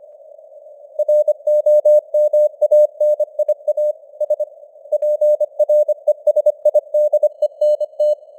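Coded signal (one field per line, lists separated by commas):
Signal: Morse code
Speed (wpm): 25 wpm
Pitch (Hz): 600 Hz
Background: none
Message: ROMANIA S PRESIDENT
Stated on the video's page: 25 wpm Morse news headlines with simulated radio noise and varying signal strength (QSB), an experiment.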